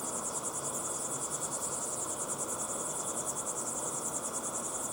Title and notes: Binaural Cricket Sounds. crickets at sunset in the incredible Timanfaya pyroclastic desert on the island of Lanzarote